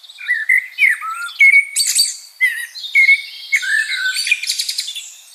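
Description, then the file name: Common blackbird song: rich fluted whistles and downslurred notes in quick phrases, broken by harsh high squeaky bursts and a rattling twitter near the end. "Turdus merula"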